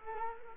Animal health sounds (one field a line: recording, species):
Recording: mosquito wingbeat signal from an infrared sensor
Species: Culex quinquefasciatus